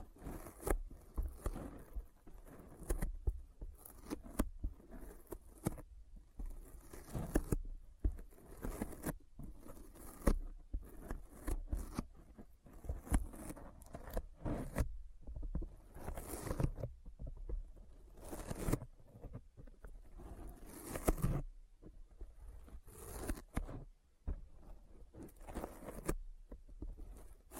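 Sticky finger sounds crackle and peel in dense, irregular bursts, with sharp bright tacky snaps scattered throughout over a low rumble.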